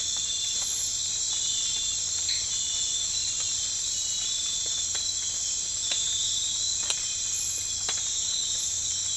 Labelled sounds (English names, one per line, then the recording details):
none
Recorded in dense forest near Puerto Asís, Putumayo, Colombia, on 19 March 2025 at 01:00
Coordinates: 0.485, -76.318
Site G056